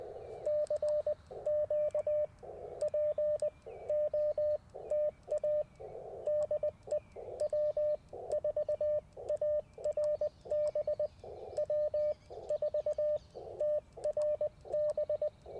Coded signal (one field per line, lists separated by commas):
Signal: Morse code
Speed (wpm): 20 wpm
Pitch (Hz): 600 Hz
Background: radio noise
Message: CQ POTA DE W4ARB W4 TRB